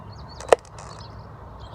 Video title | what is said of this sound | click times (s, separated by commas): MK7 GTI DIY Oil Change Liqui Moly Mollygen | and you'll hear a pop when it's all the way in. | 0.5 s